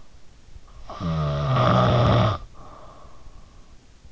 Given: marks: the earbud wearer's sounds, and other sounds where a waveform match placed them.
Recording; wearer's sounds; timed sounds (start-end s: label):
sounds in sleep by an in-ear microphone; snoring breath
0.70-3.33 s: snoring breath